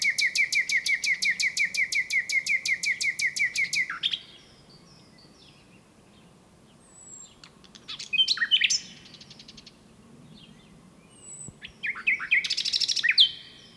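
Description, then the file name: Common nightingale song opening with a four-second run of rapid repeated chirping notes, followed by quieter pauses and short varied phrases. "Luscinia megarhynchos"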